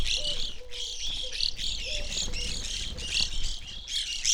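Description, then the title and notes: Evening grosbeak flock calling steadily, dense high chirps overlapping, with brief low whistled notes sprinkled below. Flock feeding on sunflower seeds at a feeder hanging in a birch tree, backyard, McCloud, Siskiyou County, California; relatively warm winter morning; two microphones on either side of the tree trunk. "I recorded this at my home in the small town of McCloud in Siskiyou County, California. It was a relatively warm winter morning, and a flock of Evening Grosbeaks was busily eating a breakfast of sunflower seeds from a feeder hanging from the branch of a birch tree in my backyard."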